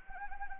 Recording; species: mosquito wingbeat signal from an infrared sensor; Anopheles arabiensis